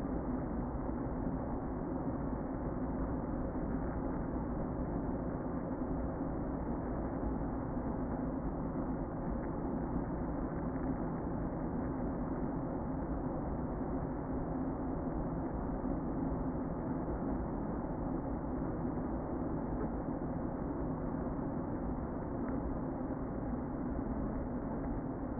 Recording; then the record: honeybee colony, microphone inside the hive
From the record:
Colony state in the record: queen present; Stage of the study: before two queens were removed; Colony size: about 60,000 bees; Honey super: yes